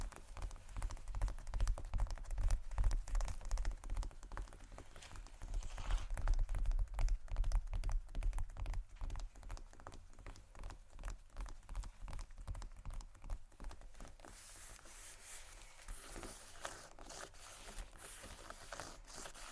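Fingers tap and scratch leather bags in dense, quick patters with a low thump underneath, thinning and brightening into lighter scratching after fifteen seconds.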